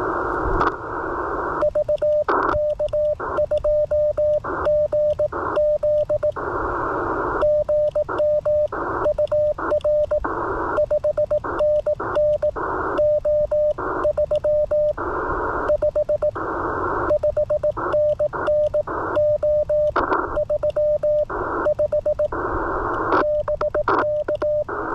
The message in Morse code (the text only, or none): VK2GZ GM UR 5NN O35 5NN O35 BK